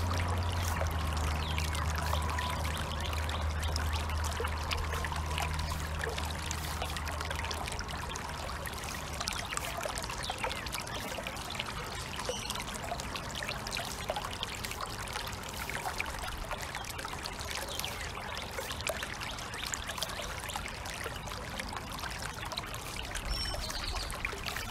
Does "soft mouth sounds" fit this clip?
no